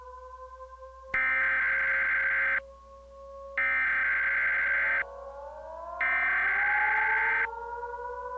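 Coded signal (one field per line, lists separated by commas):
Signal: Emergency Alert System (SAME) tones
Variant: header bursts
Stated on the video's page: Fictional simulated EAS scenario using valid Emergency Alert System tones.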